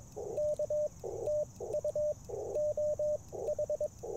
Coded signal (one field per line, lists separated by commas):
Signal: Morse code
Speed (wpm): 21 wpm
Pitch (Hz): 600 Hz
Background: radio noise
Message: K TU OH